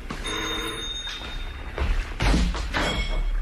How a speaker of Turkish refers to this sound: Kapı. Kim acaba?